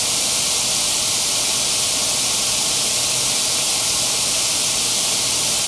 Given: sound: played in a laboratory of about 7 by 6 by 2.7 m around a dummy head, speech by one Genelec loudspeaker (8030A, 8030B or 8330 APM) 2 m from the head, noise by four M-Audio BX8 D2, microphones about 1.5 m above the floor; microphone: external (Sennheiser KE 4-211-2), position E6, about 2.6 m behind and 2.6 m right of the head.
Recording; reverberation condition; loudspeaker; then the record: white noise; low; four, about 170 cm from the corners of the room and facing them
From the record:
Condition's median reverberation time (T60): about 310 ms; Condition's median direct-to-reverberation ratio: about 3.5 dB